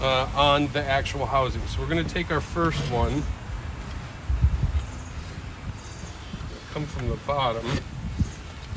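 An oiled AFE Rapid Induction cold air intake filter for a 2021-2023 3.5L EcoBoost F-150 is brought up from below into its intake heat shield housing, with the casing tabs lined up to lock it in place. Someone talks while soft handling and rustling sounds are heard underneath, with a brief low thump around 4.3 seconds. Nothing has seated or clicked yet.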